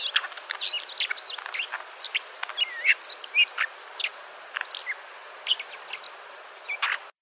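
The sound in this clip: Alpine accentor giving dense, tumbling chirps and trilled twitters with some fluty notes, continuing almost without pause throughout.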